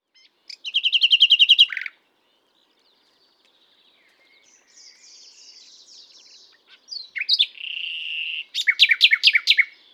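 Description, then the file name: Common nightingale singing a fast, loud trill of repeated notes, then a quiet pause with soft phrases, followed by a sustained whistle and a string of sharp descending notes. "Luscinia megarhynchos"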